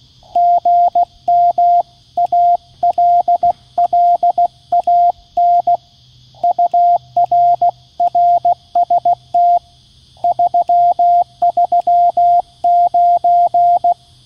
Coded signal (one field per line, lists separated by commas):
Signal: Morse code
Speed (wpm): 16 wpm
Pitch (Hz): 700 Hz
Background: radio noise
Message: GM ALLAN UR RST 339